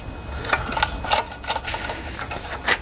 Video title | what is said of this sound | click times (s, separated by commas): STARTER PULL ROPE REPLACEMENT. Common BRIGGS and STRATTON engine Edger, Lawnmower, Pressure Washer. | snap into place all right yes | 1.1 s